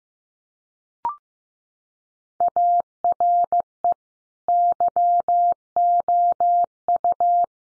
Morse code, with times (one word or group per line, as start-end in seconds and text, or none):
2.4-3.9 ARE
4.5-7.4 YOU